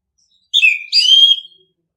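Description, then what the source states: Orange-headed thrush delivers a single loud, fluty phrase of about a second, a slurred note followed by a sustained warbling whistle. Training audio for other birds; singing style called ngeplong.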